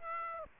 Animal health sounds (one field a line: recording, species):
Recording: mosquito wingbeat signal from an infrared sensor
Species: Aedes aegypti